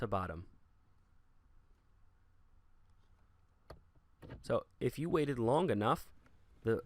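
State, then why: Seated. A rear view mirror's metal mounting clips are slid from top to bottom over the stainless steel button glued to the windshield and pushed down until they lock. A single sharp click is heard at 3.7 seconds as the mirror seats onto the button, with someone talking before and after.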